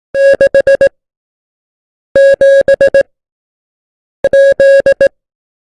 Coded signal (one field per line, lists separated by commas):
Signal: Morse code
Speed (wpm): 18 wpm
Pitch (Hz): 550 Hz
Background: none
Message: 6 7 Z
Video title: MORSE CODE | A-Z & 0-9 | Easy Steps To Learn |